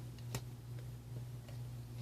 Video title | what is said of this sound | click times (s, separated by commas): Star wars the clone wars captain Rex transformer review | couldn't really hear it probably on the video but there's a teeny tiny snapping noise or | 0.3 s